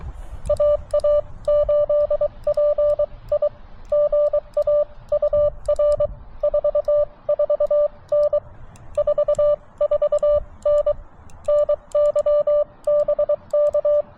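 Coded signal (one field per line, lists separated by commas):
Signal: Morse code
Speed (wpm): 18 wpm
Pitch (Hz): 590 Hz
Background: radio noise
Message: AA8PI GA UR 44N 44N NY BK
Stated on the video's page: Parks on the Air CW activation from Chenango Valley State Park on a TX-500; poor, unsettled conditions after a solar flare, 20m short skip.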